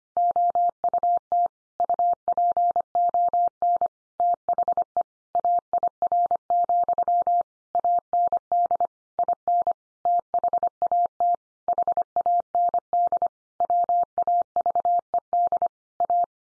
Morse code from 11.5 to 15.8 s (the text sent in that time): HAND WAVED